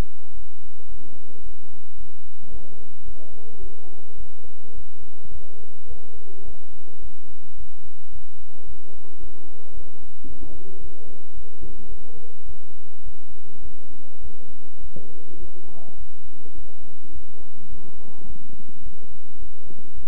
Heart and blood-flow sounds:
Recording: heart sounds by stethoscope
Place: between the tricuspid and mitral areas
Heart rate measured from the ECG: 107 bpm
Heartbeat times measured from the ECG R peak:
0.34 s: heartbeat
0.89 s: heartbeat
1.43 s: heartbeat
1.97 s: heartbeat
2.51 s: heartbeat
3.05 s: heartbeat
3.60 s: heartbeat
4.17 s: heartbeat
4.75 s: heartbeat
5.32 s: heartbeat
5.88 s: heartbeat
6.45 s: heartbeat
7.01 s: heartbeat
7.57 s: heartbeat
8.12 s: heartbeat
8.66 s: heartbeat
9.20 s: heartbeat
9.74 s: heartbeat
10.27 s: heartbeat
10.81 s: heartbeat
11.34 s: heartbeat
11.89 s: heartbeat
12.46 s: heartbeat
13.03 s: heartbeat
13.62 s: heartbeat
14.21 s: heartbeat
14.80 s: heartbeat
15.39 s: heartbeat
15.97 s: heartbeat
16.55 s: heartbeat
17.12 s: heartbeat
17.69 s: heartbeat
18.26 s: heartbeat
18.83 s: heartbeat
19.39 s: heartbeat
19.94 s: heartbeat
From the record:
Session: bicycle stress test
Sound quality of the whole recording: good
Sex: male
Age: 23 years

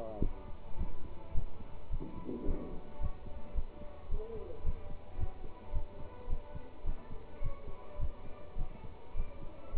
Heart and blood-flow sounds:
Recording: heart sounds by stethoscope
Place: between the tricuspid and mitral areas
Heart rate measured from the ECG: 107 bpm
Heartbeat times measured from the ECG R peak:
0.20 s: heartbeat
0.77 s: heartbeat
1.33 s: heartbeat
1.90 s: heartbeat
2.45 s: heartbeat
2.99 s: heartbeat
3.54 s: heartbeat
4.09 s: heartbeat
4.63 s: heartbeat
5.17 s: heartbeat
5.72 s: heartbeat
6.28 s: heartbeat
6.84 s: heartbeat
7.41 s: heartbeat
7.98 s: heartbeat
8.56 s: heartbeat
9.14 s: heartbeat
9.73 s: heartbeat
From the record:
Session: pedaling a stationary bicycle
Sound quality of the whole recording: good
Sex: male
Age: 27 years

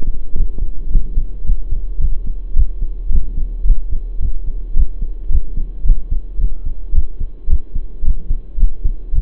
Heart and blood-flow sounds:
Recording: heart sounds by stethoscope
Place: between the tricuspid and mitral areas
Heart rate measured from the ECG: 109 bpm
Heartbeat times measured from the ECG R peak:
0.35 s: heartbeat
0.90 s: heartbeat
1.44 s: heartbeat
2.00 s: heartbeat
2.55 s: heartbeat
3.10 s: heartbeat
3.65 s: heartbeat
4.20 s: heartbeat
4.75 s: heartbeat
5.30 s: heartbeat
5.85 s: heartbeat
6.39 s: heartbeat
6.93 s: heartbeat
7.48 s: heartbeat
8.03 s: heartbeat
8.58 s: heartbeat
9.13 s: heartbeat
From the record:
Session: pedaling a stationary bicycle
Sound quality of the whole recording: saturated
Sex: male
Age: 23 years

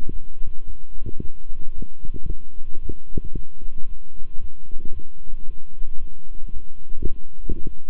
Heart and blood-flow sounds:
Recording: heart sounds by stethoscope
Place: between the tricuspid and mitral areas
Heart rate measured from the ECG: 112 bpm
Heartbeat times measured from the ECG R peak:
0.11 s: heartbeat
0.65 s: heartbeat
1.20 s: heartbeat
1.74 s: heartbeat
2.27 s: heartbeat
2.80 s: heartbeat
3.34 s: heartbeat
3.87 s: heartbeat
4.39 s: heartbeat
4.92 s: heartbeat
5.45 s: heartbeat
5.98 s: heartbeat
6.52 s: heartbeat
7.07 s: heartbeat
7.63 s: heartbeat
From the record:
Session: walking at 3.7 km/h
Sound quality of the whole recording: good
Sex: male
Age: 26 years

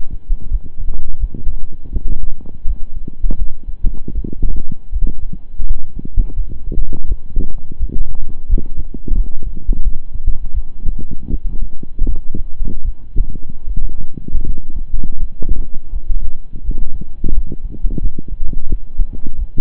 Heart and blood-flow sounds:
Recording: heart sounds by stethoscope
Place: between the tricuspid and mitral areas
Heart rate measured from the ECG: 83 bpm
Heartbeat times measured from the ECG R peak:
0.48 s: heartbeat
1.18 s: heartbeat
1.90 s: heartbeat
2.64 s: heartbeat
3.36 s: heartbeat
4.12 s: heartbeat
4.90 s: heartbeat
5.63 s: heartbeat
6.34 s: heartbeat
7.05 s: heartbeat
7.77 s: heartbeat
8.47 s: heartbeat
9.13 s: heartbeat
9.81 s: heartbeat
10.51 s: heartbeat
11.28 s: heartbeat
12.06 s: heartbeat
12.82 s: heartbeat
13.65 s: heartbeat
14.43 s: heartbeat
15.17 s: heartbeat
15.90 s: heartbeat
16.62 s: heartbeat
17.32 s: heartbeat
17.99 s: heartbeat
18.67 s: heartbeat
19.36 s: heartbeat
From the record:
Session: slow and fast walking with breaks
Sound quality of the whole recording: saturated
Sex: male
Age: 25 years

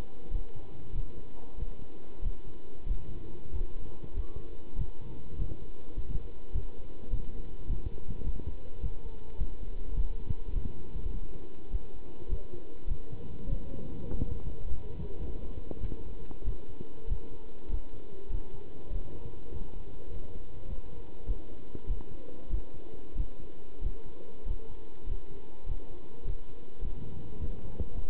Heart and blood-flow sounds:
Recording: heart sounds by stethoscope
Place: between the tricuspid and mitral areas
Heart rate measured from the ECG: 100 bpm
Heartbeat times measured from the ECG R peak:
0.31 s: heartbeat
0.93 s: heartbeat
1.57 s: heartbeat
2.23 s: heartbeat
2.87 s: heartbeat
3.51 s: heartbeat
4.15 s: heartbeat
4.77 s: heartbeat
5.37 s: heartbeat
5.95 s: heartbeat
6.53 s: heartbeat
7.11 s: heartbeat
7.68 s: heartbeat
8.25 s: heartbeat
8.82 s: heartbeat
9.39 s: heartbeat
9.96 s: heartbeat
10.54 s: heartbeat
11.12 s: heartbeat
11.71 s: heartbeat
12.30 s: heartbeat
12.88 s: heartbeat
13.47 s: heartbeat
14.05 s: heartbeat
14.61 s: heartbeat
15.19 s: heartbeat
15.81 s: heartbeat
16.45 s: heartbeat
17.08 s: heartbeat
17.70 s: heartbeat
18.30 s: heartbeat
18.90 s: heartbeat
19.51 s: heartbeat
20.10 s: heartbeat
20.68 s: heartbeat
21.27 s: heartbeat
21.87 s: heartbeat
22.50 s: heartbeat
23.16 s: heartbeat
23.82 s: heartbeat
24.46 s: heartbeat
25.07 s: heartbeat
25.67 s: heartbeat
26.25 s: heartbeat
26.82 s: heartbeat
27.39 s: heartbeat
27.94 s: heartbeat
From the record:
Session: pedaling a stationary bicycle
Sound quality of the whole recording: good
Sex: male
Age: 27 years

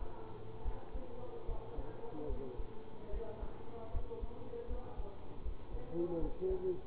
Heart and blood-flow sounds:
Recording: heart sounds by stethoscope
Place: between the tricuspid and mitral areas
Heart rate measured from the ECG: 75 bpm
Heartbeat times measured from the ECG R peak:
0.61 s: heartbeat
1.44 s: heartbeat
2.25 s: heartbeat
3.09 s: heartbeat
3.89 s: heartbeat
4.65 s: heartbeat
5.41 s: heartbeat
6.17 s: heartbeat
From the record:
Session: bicycle stress test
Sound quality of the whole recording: good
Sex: male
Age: 24 years

